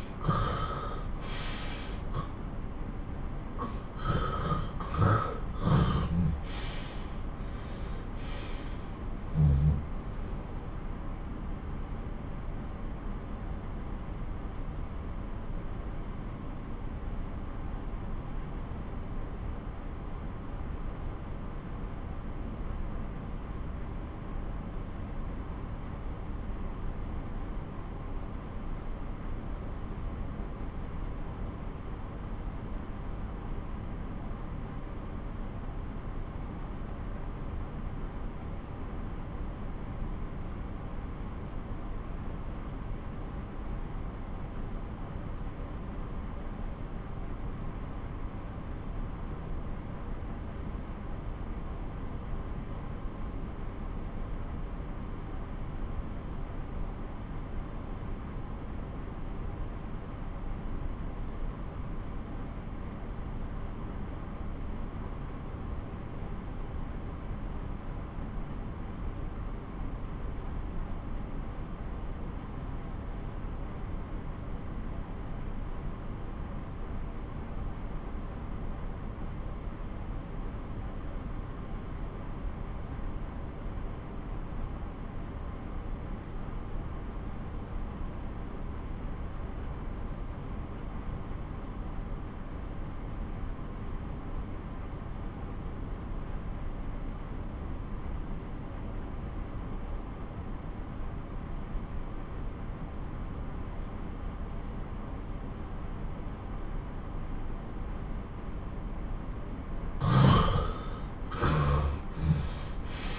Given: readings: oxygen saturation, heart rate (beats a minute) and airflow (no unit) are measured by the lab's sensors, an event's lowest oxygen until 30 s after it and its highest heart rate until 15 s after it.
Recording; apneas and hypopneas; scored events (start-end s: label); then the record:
breathing in sleep by a smartphone at the bedside; 1
4.00-108.60 s: obstructive apnea (REM, oxygen 94% highest, then 68% lowest)
From the record:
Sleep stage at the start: REM sleep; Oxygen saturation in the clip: 76 to 94%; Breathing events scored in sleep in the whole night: 217 in 6.3 hours asleep